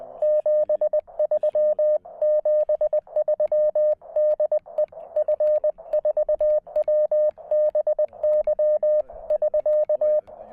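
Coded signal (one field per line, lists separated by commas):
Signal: Morse code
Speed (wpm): 18 wpm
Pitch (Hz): 610 Hz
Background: none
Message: 73 73 DE F4WBY <SK>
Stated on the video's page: QRP CW on 20 m using a Weber MTR with a QRP-Guys tri-band vertical antenna.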